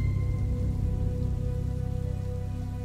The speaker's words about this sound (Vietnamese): Bên ngoài, sấm chớp cứ nhá lên từng hồi, mưa vẫn còn trút ào ào nặng hạt, giống như muốn cảnh báo có điều chẳng lành sắp sửa đang xảy đến với cô.